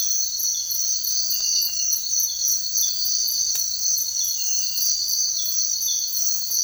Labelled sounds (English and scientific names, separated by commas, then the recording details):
none
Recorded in secondary vegetation near Puerto Asís, Putumayo, Colombia, on 9 March 2025 at 05:30
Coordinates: 0.499, -76.323
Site G094